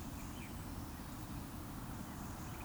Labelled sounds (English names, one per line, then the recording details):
Eurasian Woodcock whistle
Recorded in Baden-Württemberg, Germany, on 26 June 2020 at 19:31 UTC
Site 44395, 213 m above sea level